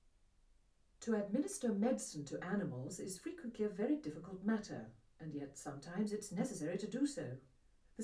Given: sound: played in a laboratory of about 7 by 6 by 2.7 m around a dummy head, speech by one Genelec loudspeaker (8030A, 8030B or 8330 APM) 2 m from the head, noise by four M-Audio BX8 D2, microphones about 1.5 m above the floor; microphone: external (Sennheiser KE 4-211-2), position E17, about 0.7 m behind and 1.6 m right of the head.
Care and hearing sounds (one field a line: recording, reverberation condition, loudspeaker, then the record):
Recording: female speech in English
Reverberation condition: low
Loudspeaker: 150 degrees to the left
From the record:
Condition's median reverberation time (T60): about 310 ms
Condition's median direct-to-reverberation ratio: about 3.5 dB